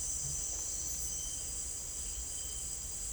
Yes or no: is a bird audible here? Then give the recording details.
no. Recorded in dense forest near Puerto Asís, Putumayo, Colombia, on 21 December 2024 at 17:30. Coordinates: 0.484, -76.317. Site G026